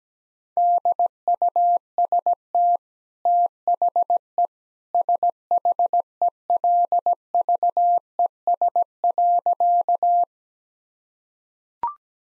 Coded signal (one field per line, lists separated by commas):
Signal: Morse code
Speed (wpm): 17 wpm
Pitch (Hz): 700 Hz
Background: none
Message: DUST THE SHELVES.